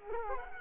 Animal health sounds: mosquito wingbeat signal from an infrared sensor; Culex quinquefasciatus

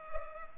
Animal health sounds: mosquito wingbeat signal from an infrared sensor; Culex pipiens

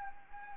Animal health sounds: mosquito wingbeat signal from an infrared sensor; Anopheles gambiae

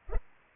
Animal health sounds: mosquito wingbeat signal from an infrared sensor; Culex pipiens

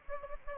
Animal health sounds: mosquito wingbeat signal from an infrared sensor; Anopheles gambiae

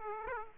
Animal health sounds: mosquito wingbeat signal from an infrared sensor; Aedes aegypti

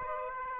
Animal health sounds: mosquito wingbeat signal from an infrared sensor; Aedes aegypti

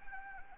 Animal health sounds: mosquito wingbeat signal from an infrared sensor; Anopheles arabiensis

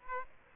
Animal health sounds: mosquito wingbeat signal from an infrared sensor; Aedes aegypti

